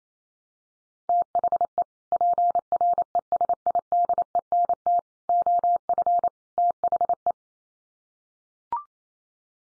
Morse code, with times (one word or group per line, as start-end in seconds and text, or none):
1.1-1.8 THE
2.1-5.0 PRESIDENT
5.3-6.3 OF
6.6-7.3 THE